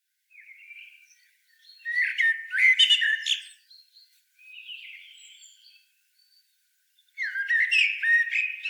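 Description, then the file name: Common blackbird giving a soft opening phrase, then a loud warble ending in squeaky twitters, a quieter phrase, and another loud burst after a short silence. "Turdus merula"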